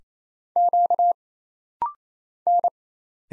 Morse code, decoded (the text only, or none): Q N